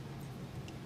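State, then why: Not seated. A new blind-spot monitoring harness connector is handled at the tail light wiring plug of a 2020-2024 Jeep Gladiator. A low steady hum with light rustling runs throughout, and a brief sharp tick stands out at about 0.7 s. Nothing has seated or clicked yet.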